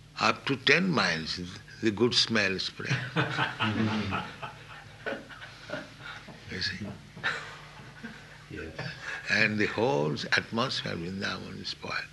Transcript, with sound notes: up to ten miles the good smell spread. [laughter] You see? And the whole atmosphere of Vṛndāvana is spoiled.